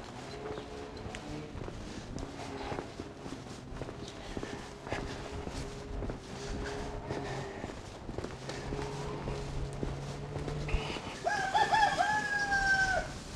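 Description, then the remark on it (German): A rooster lets out a loud, harmonic crow near the end, its pitch climbing then dropping, after a stretch of steady barnyard clucking and shuffling footsteps. “Wenn der Hahn kräht in der Sonne, gibt's nichts mit der Regentonne.”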